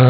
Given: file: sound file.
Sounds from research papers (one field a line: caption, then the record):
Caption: The time-aligned signal data for visualizing the signal waveforms during the 100-ms phonatory segment when vocal fold collision was detected by the intraglottal pressure signal: acoustic microphone signal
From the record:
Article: Direct measurement and modeling of intraglottal, subglottal, and vocal fold collision pressures during phonation in an individual with a hemilaryngectomy